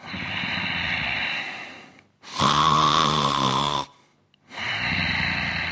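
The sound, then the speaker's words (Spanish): A voice imitates snoring: three rasping breaths in a row, the middle one a loud, buzzing, throaty snore between two softer airy breaths, with short silent gaps. “Y ahí estás tú, venga, roncando, echando babilla por la boca y sonando como los Sanfermines.”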